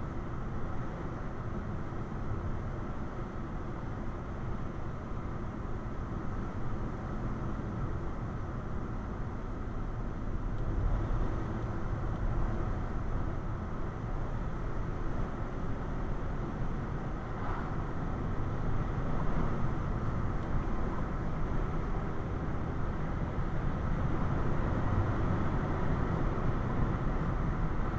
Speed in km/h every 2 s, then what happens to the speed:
68, 68, 64, 63, 63, 63, 66, 69, 72, 74, 74, 79, 85, 90.
0-10 steady at about 63. 10-28 speeds up to 90.